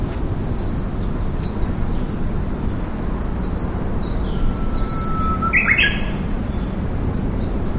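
Bird call: a single thin level whistle, ending in a brief burst of harsh chirps, over steady low rumbling background noise.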